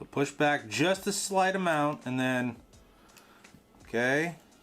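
During reassembly of a Ruger LCP II Lite Rack compact pistol, the slide is pushed back slightly while the takedown pin is being worked down and in against its retention spring. Someone talks through most of the clip, with a few faint ticks near 3.5 s and 4.6 s. The takedown pin has not seated or clicked into the frame yet.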